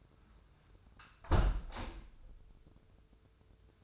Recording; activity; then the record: daily activity, microphone in the room; close window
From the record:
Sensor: 2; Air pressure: 995.5 hPa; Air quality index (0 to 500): 98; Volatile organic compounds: 5 ppm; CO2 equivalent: 1807 ppm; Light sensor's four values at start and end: 24/78/31/29 and 24/77/30/29